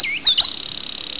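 Bird call: a few quick whistled slurs followed by a fast, even, steady-pitched trill lasting most of a second.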